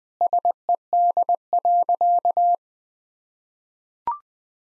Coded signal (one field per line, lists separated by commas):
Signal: Morse code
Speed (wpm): 20 wpm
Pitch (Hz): 700 Hz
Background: none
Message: SED.